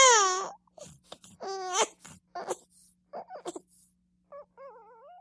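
A five-week-old baby's high, wavering wail opens, then breaks into short gasping sobs and catches of breath before trailing off into soft, quivering whimpers. It is the typical cry of a young infant, with a faint steady hum underneath.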